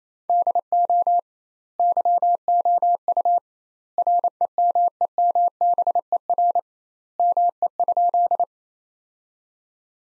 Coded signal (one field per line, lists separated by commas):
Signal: Morse code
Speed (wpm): 28 wpm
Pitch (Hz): 700 Hz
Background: none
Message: DO YOU REMEMBER ME?